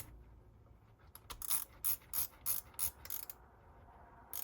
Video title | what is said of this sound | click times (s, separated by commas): The mysteries of the Mamiya 6 V frame counter | missed it, so I'm still winding, but it didn't catch the frame stop. | none